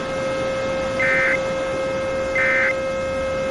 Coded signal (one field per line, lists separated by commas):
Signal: Emergency Alert System (SAME) tones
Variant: end-of-message bursts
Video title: EAS MOCK #8: Texarkana